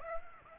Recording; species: mosquito wingbeat signal from an infrared sensor; Aedes aegypti